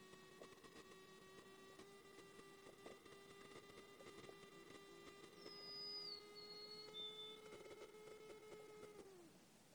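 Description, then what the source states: Insect buzzing: a steady droning hum that holds level for about nine seconds, then drops in pitch and stops, with a thin descending whistle crossing it midway. Recorded in Katmai, Alaska, on 28 June 2016 at about 09:00.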